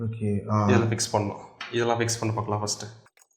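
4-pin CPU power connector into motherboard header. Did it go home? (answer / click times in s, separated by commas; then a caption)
no / none. A 4-pin CPU power plug from the power supply is handled near its motherboard header while someone talks throughout. Nothing has seated or clicked yet; the clip ends before the connector goes home, with only a faint tick at about 3.2 s after the speech stops.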